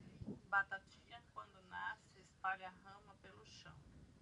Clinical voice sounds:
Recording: short text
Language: Brazilian Portuguese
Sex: female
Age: 50 to 59 years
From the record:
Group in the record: control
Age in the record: 54 years

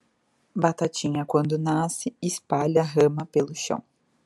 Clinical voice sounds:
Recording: short text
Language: Brazilian Portuguese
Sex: female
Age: 30 to 39 years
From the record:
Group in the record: control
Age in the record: 31 years

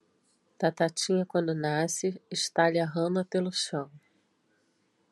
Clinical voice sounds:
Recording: short text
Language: Brazilian Portuguese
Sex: female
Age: 40 to 49 years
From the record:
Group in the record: control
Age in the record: 48 years

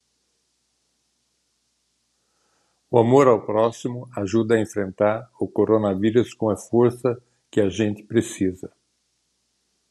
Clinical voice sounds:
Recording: spoken sentence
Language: Brazilian Portuguese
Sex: male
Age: 60 to 69 years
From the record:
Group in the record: control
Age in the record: 68 years

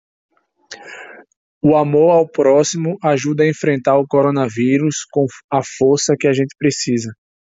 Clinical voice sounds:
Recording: spoken sentence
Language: Brazilian Portuguese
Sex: male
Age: 20 to 29 years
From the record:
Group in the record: control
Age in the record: 26 years

